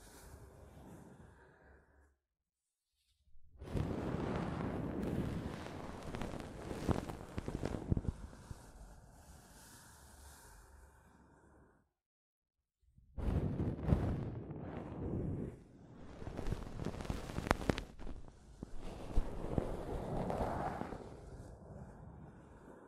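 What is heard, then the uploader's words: Soft fabric brushes across a microphone in two long bursts of rough, rustling scraping, the first from about 3 to 12 seconds and the second from about 13 seconds to the end. The rubbing swells and thins unevenly, with a low rumble underneath. Brief near-silent gaps separate the bursts. ASMR Mic Brushing using Soft Fabric (No Talking).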